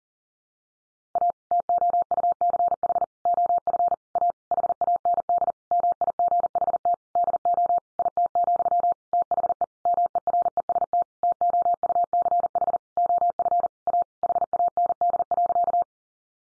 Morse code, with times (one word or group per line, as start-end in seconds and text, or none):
1.2-1.3 A
1.5-3.0 TOUCH
3.3-3.9 OF
4.2-4.3 A
4.5-5.5 HAND
5.7-6.9 MIGHT
7.2-7.8 DO
8.0-8.9 IT,
9.1-9.6 THE
9.9-11.0 MEREST
11.2-12.8 TOUCH
13.0-13.7 OF
13.9-14.0 A
14.2-15.8 HAND.